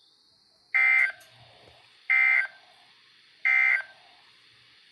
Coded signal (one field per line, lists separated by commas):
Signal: Emergency Alert System (SAME) tones